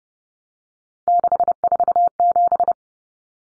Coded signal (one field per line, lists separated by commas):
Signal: Morse code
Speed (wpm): 30 wpm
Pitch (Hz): 700 Hz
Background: none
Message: 647